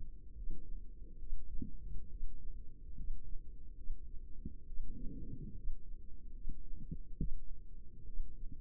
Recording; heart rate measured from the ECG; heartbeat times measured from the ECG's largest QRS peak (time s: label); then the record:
heart sounds by microphone in the left ear; 70 bpm
0.34 s: heartbeat
1.18 s: heartbeat
2.09 s: heartbeat
2.95 s: heartbeat
3.75 s: heartbeat
4.66 s: heartbeat
5.54 s: heartbeat
6.33 s: heartbeat
7.18 s: heartbeat
8.05 s: heartbeat
From the record:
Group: healthy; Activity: rest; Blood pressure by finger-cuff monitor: 88/58 mmHg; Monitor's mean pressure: 66 mmHg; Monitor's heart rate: 71 bpm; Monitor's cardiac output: 5.5 L/min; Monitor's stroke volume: 78 mL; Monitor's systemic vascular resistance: 860 dyn s/cm5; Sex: female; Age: 22 years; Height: 163 cm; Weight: 67.1 kg